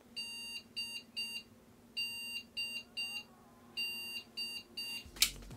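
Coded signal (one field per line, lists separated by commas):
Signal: beep code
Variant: ASUS motherboard POST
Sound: high-pitched beeps: one long, two short, repeated three times, then a click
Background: low electrical hum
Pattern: 1 long, 2 short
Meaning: Reported as a BIOS/CMOS checksum error, possibly a video card fault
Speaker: Είναι ένα μεγάλο και 2 μικρά, άρα είναι ένα long και 2 short.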